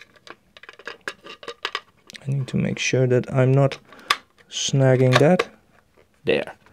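While reassembling the axis of an iOptron CEM40 telescope mount, the periodic error cable is routed so it does not snag and its plastic connector is handled near its socket. Several short, sharp handling taps sound in the first two seconds, then someone talks. Nothing has seated or clicked yet.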